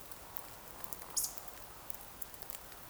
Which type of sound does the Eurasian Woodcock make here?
whistle